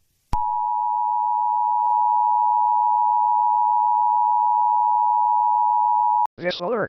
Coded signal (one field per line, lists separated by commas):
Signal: Emergency Alert System (SAME) tones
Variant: 853 and 960 Hz attention tone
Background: speech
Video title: Eas Scenario The 5 beasts (Part 5) The Aftermath